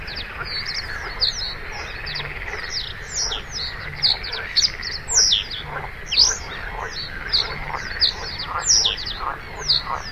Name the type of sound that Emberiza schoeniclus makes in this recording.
song